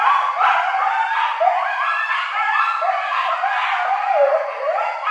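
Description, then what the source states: Coyotes yipping and howling together, a chorus of wavering, rising and falling cries with quick yelps overlapping throughout. Several coyotes, recorded 28 May 2013.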